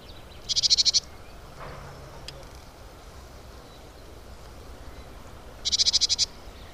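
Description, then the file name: Great tit giving two brief, dry, pulsed rattles, one at the start and one near the end, with a quiet gap and soft background noise between. "Parus major"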